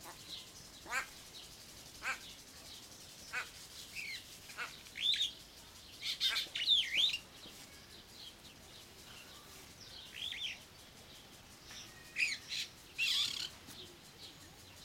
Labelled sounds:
Superb Starling
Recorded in captivity
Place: Zoo Berlin, Berlin, DE
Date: 1992-06-06 11:39
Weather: sonnig, 24-28° C
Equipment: Nagra SN, Mikrofon AKG CK 8, Kopie Tesla B 116
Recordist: Tembrock, Günter

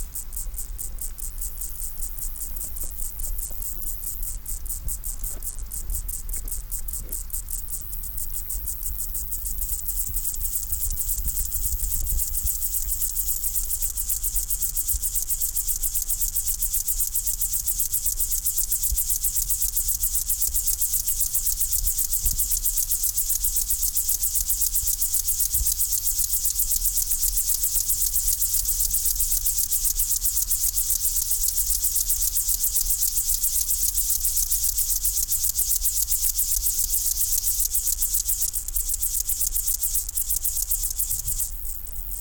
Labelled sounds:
Upland Field Grasshopper stridulation
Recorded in the wild
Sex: pair
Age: imago
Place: Groß Schönebeck, Schorfheide, Brandenburg, DE
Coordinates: 52.91, 13.53
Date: 1996-08-02 16:00
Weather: heiter, 22°C
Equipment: Sony MD-WM MZ-R3, Sennheiser ME 80, Kopie Uher 4000 Report Monitor
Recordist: Tembrock, Günter

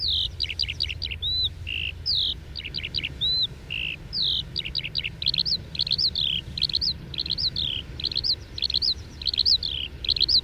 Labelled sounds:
Eurasian Skylark flight song
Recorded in the wild
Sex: male
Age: adult
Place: Röttenbach, Bayern, DE
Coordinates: 49.665, 10.9544
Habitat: edge of the woods, wet meadow
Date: 1964-06-27
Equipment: Original, Vollspur, Parabolspiegel Grampian
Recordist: Tretzel, Erwin

